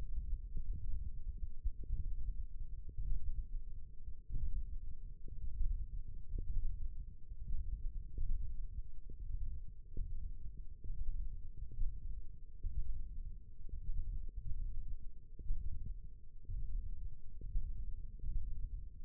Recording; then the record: forearm muscle sounds (acoustic myography)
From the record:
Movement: thumb flexion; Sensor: system 1, eight BSWA MPA416 microphones around the upper forearm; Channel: 2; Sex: male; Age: 21 years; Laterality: right